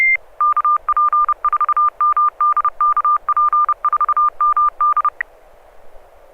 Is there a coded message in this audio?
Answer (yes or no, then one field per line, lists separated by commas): yes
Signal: Morse code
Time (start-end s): 0.4-5.1 s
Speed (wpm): 30 wpm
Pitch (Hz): 1200 Hz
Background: none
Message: KP4MD KP4MD